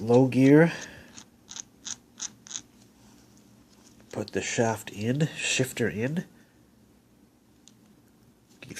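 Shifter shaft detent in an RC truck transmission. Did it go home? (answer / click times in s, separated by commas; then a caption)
yes / 8.6 s. A shifter shaft is fitted into a rebuilt Traxxas Summit RC truck transmission with the dog bone in place. Someone talks while a series of small sharp mechanical ticks sounds between 1.2 and 2.6 s. The shifter is then moved from low to high gear until its spring-loaded detent clicks and locks into high gear at 8.6 s.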